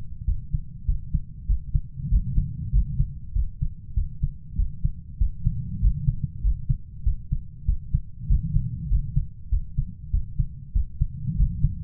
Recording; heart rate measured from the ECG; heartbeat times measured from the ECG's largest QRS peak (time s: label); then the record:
heart sounds by stethoscope; 97 bpm
0.28 s: heartbeat
0.88 s: heartbeat
1.50 s: heartbeat
2.12 s: heartbeat
2.74 s: heartbeat
3.36 s: heartbeat
3.97 s: heartbeat
4.59 s: heartbeat
5.21 s: heartbeat
5.83 s: heartbeat
6.44 s: heartbeat
7.06 s: heartbeat
7.68 s: heartbeat
8.30 s: heartbeat
8.91 s: heartbeat
9.52 s: heartbeat
10.13 s: heartbeat
10.75 s: heartbeat
11.38 s: heartbeat
From the record:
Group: healthy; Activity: rest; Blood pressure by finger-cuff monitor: 154/75 mmHg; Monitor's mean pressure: 96 mmHg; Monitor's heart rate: 97 bpm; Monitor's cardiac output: 8.8 L/min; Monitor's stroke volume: 90 mL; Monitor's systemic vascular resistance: 790 dyn s/cm5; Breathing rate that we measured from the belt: 20 breaths a minute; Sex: male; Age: 21 years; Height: 175 cm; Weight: 72.6 kg